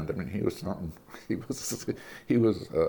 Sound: laughter